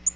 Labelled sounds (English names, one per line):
Tennessee Warbler flight call